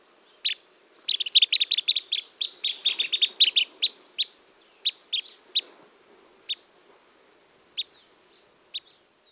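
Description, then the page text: Collared plover calls: a single sharp chip, then a quick burst of sharp, high chips in a dense run, then single chips spaced out more widely, over a faint steady hiss. "John V. Moore - Воротничковый зуёк (Charadrius collaris)"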